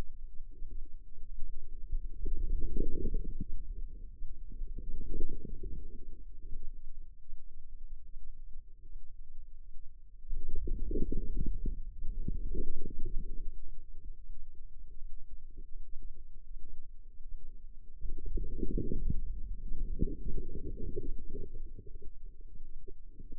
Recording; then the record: forearm muscle sounds (acoustic myography)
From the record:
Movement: inward rotation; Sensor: system 2, bracelet of six BSWA MPA416 microphones around the upper forearm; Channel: 1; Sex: female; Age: 25 years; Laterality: right